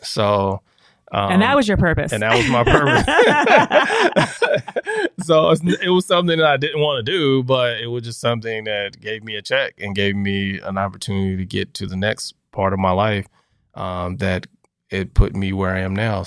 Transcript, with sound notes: So. And that was your purpose? (Laughter) And that was my purpose. So it was something that I didn’t want to do, but it was just something that gave me a check and gave me an opportunity to get to the next part of my life that it put me where I am now.